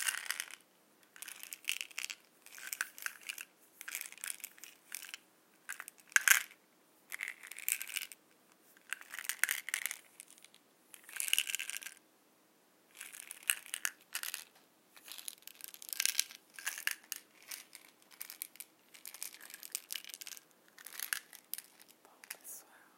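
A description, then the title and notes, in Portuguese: Pills rattle and click in short, bright bursts, each lasting about half a second to a second, with brief silent gaps between them. The bursts come irregularly throughout, some sharper and louder, with a crisp, crunchy texture and no low sounds underneath. Sons de comprimidos.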